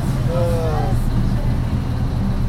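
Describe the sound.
A steady, deep engine rumble fills the inside of a moving bus, with muffled voices murmuring over the continuous drone.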